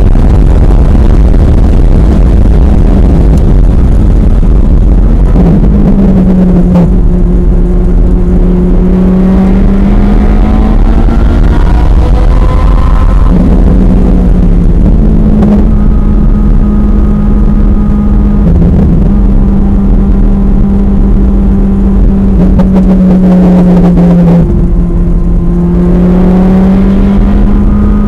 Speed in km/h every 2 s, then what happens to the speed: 180, 148, 100, 97, 116, 138, 137, 114, 113, 108, 106, 95, 100, 114.
0-5 brakes to 97. 5-10 speeds up to 138. 10-22 brakes to 95. 22-28 speeds up to 114.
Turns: 13-20.